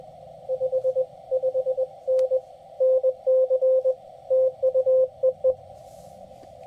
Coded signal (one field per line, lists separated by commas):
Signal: Morse code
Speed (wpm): 20 wpm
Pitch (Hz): 560 Hz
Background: radio noise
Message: 55N NC TU EE